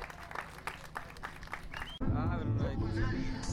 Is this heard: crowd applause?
yes